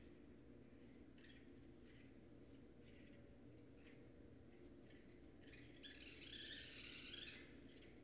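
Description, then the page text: Raccoon chittering in soft, scratchy, repeated bursts, then a louder harsh squeal near the end, over a low background hum. Northern Raccoon recorded remotely at night on 4 January 2012 with an unattended recorder. "Night Sounds, Pt 6 – Raccoons – Stan Courtney. Raccoon 2012 01 04"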